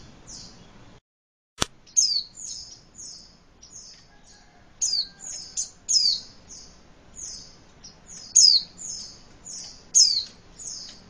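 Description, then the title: White-eye: a brief silence and a loud click, then high-pitched twittering with strong downslurred notes, coming in bursts with a quieter spell between. "Pleci"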